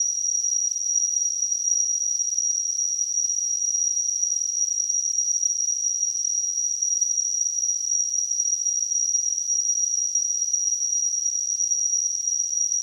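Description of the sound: Simulated tinnitus sound.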